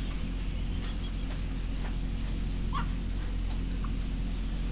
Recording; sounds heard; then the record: poultry house recording; sick chickens (respiratory disease)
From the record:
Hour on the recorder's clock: 5